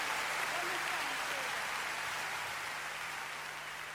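A theater audience at the Teatro Colón applauds a singer's farewell performance in a dense, steady wash of clapping that holds unbroken for the full four seconds and fades only slightly toward the end.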